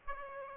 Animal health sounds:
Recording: mosquito wingbeat signal from an infrared sensor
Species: Aedes aegypti

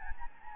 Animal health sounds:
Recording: mosquito wingbeat signal from an infrared sensor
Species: Anopheles gambiae

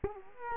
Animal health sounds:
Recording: mosquito wingbeat signal from an infrared sensor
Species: Culex quinquefasciatus

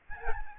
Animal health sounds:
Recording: mosquito wingbeat signal from an infrared sensor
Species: Aedes albopictus

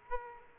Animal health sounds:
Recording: mosquito wingbeat signal from an infrared sensor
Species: Aedes aegypti

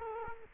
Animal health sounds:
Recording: mosquito wingbeat signal from an infrared sensor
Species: Culex quinquefasciatus

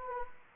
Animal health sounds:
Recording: mosquito wingbeat signal from an infrared sensor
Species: Anopheles gambiae

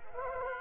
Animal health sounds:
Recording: mosquito wingbeat signal from an infrared sensor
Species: Culex quinquefasciatus

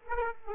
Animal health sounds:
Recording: mosquito wingbeat signal from an infrared sensor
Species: Aedes aegypti

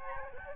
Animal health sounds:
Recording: mosquito wingbeat signal from an infrared sensor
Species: Aedes albopictus

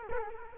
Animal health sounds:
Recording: mosquito wingbeat signal from an infrared sensor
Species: Culex quinquefasciatus

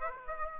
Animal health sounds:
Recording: mosquito wingbeat signal from an infrared sensor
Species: Aedes aegypti

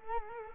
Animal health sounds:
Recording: mosquito wingbeat signal from an infrared sensor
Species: Culex quinquefasciatus

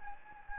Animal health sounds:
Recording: mosquito wingbeat signal from an infrared sensor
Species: Anopheles gambiae

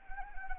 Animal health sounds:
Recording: mosquito wingbeat signal from an infrared sensor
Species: Anopheles arabiensis

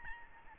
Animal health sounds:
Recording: mosquito wingbeat signal from an infrared sensor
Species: Aedes albopictus

